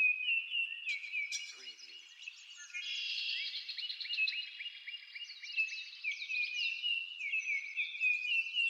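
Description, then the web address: Birds singing in a busy chorus, with high, rapid chirps and short trills overlapping almost without pause. Farm setting, morning ambience. "lynne-publishing Nature Ambience Birds"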